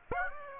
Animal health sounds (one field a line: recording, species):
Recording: mosquito wingbeat signal from an infrared sensor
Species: Aedes aegypti